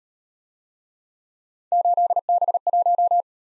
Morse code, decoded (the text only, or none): 8B1